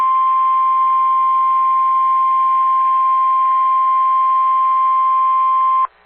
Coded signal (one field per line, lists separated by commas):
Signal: Emergency Alert System (SAME) tones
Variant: 1050 Hz attention tone